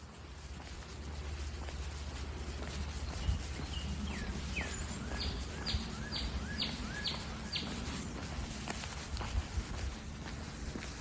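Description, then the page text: Northern cardinal calling: a short run of clear down-slurred whistles repeated about twice a second, set against steady low rumbling noise and faint background sounds. Recorded in Maryland. "Northern Cardinal by Timothy Reichard"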